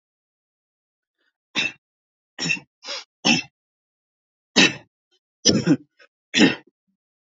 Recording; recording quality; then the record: shallow voluntary cough; excellent, no background noise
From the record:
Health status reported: healthy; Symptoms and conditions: none ticked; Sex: male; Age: 26 years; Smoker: not ticked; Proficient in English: yes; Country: India